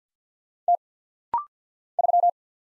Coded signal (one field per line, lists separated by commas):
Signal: Morse code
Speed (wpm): 50 wpm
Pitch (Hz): 700 Hz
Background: none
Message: T 3